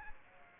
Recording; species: mosquito wingbeat signal from an infrared sensor; Aedes aegypti